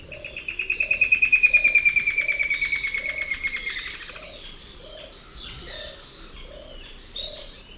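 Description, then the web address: Straight-billed Woodcreeper song, a rapid rattling series that swells, then gradually drops in pitch and fades over about four seconds; low soft hooting notes repeat regularly throughout. Two song types; eastern lowlands of South America. "Natures Songs S America Eastern Lowlands Dendroplex picus, 2 song types"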